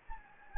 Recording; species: mosquito wingbeat signal from an infrared sensor; Anopheles gambiae